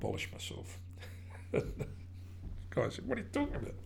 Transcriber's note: laughs